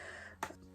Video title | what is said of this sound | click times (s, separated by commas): Revue palette Action #1 | packaging il est top ici ça se clipse automatiquement super | 0.4 s